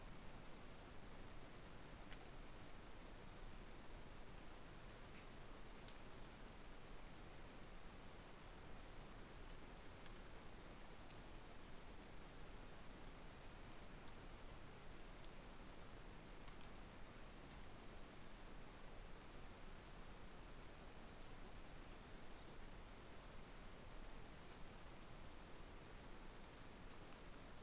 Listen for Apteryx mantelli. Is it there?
no